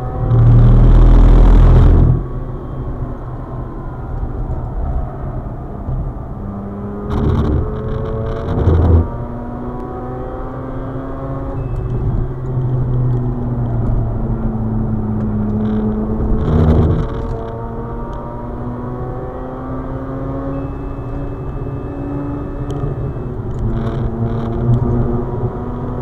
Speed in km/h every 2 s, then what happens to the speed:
115, 99, 86, 97, 113, 115, 98, 95, 105, 121, 127, 131, 144.
0-3 brakes to 86. 5-9 speeds up to 115. 9-14 brakes to 95. 14-26 speeds up to 144.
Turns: 0-7, 10-14.